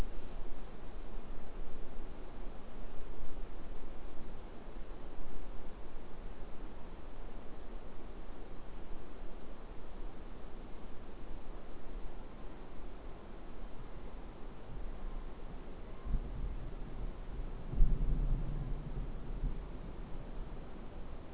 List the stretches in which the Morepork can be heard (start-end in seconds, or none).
none